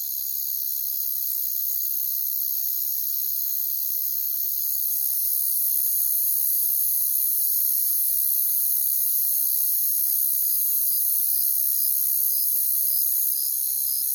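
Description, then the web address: Crickets trilling in a dense, steady high-pitched chorus, with a separate faint pulsed chirp repeating regularly near the end. "Natures Songs Sleep Sounds of Nature CRICKETS Crickets"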